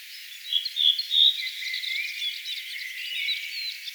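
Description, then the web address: Redwing song: a few clear whistled notes early on, then a continuous high, scratchy twittering chatter with squeaky trills running through to the end. Song recorded 4 June 2025; the bird is described as singing in that particular way. "paivat 4 6 2025 tuolla tavoin laulava punakylkirastaslintu"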